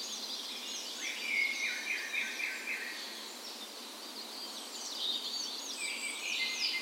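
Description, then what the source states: Birds in a birds, several singing together with twittering and whistled phrases. Birds' birds in a park west in Bergen, Norway, on the morning of 17 May (National Day) in full spring; recorded with a Sony PCM A10 and LOM micro Usi microphones as tree ears.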